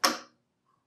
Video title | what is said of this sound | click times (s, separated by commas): Faceted Wood Desk Clocks - Part 1 - Production of the Facet Wood Blocks (96) | it should click in position every time you should go around the disc. | 0.0 s